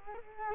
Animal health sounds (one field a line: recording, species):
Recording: mosquito wingbeat signal from an infrared sensor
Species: Culex quinquefasciatus